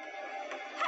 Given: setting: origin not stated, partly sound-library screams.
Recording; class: one-second piece from a danger detection set; woman in danger